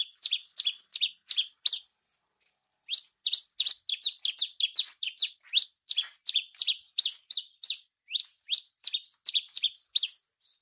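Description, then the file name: Bushlark song: a rapid series of short, high, sweeping chirps, about three per second, with a brief pause after two seconds before the chirping resumes. Singing described as gacor, an Indonesian term for active, continuous song. "suara branjangan gacor mewah"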